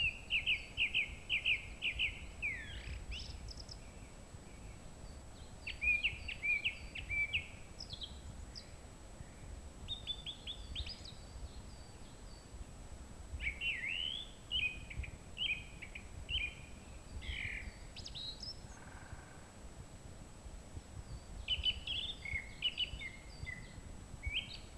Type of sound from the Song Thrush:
song